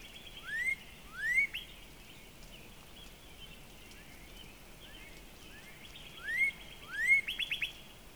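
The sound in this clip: Northern Cardinal song: two clear upslurred whistles, a short burst of chips, then the same rising pair again after a quiet pause, ending in a quick chipping run.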